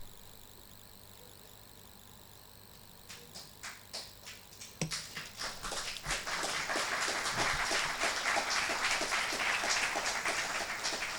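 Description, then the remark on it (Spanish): A few scattered claps break a quiet hum, then quickly swell into dense, sustained audience applause at a conference that stays loud and steady to the end, with no voices over it. “Quiero creer que los que no aplaudieron se desmayaron por lo que dije, ¿no?”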